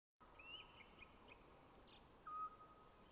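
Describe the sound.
Eurasian scops owl giving one short, level whistled note near the end, while another bird sings thin, higher twittering phrases earlier on.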